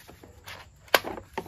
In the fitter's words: doesn't click. Okay?